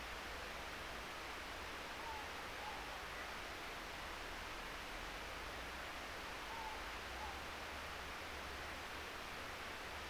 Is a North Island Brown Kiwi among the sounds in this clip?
no